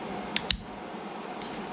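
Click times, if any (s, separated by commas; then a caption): 0.4 s, 0.5 s. The lid of a protective case holding a GoPro action camera is closed and pressed down until it latches. Two sharp clicks are heard at 0.4 s and 0.5 s, and the lid snaps shut into place.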